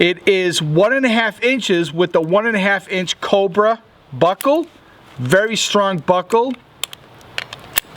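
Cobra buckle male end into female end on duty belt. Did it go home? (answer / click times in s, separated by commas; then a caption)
yes / 7.8 s. Someone talks, then closes the male end of a 1.5-inch metal Cobra buckle into its female end on a stiff, rigid 1.5-inch weight-bearing duty belt of double-layer resin-coated webbing. Several sharp metallic clicks start around 6.8 s, and the loudest comes at 7.8 s as the buckle snaps fully locked.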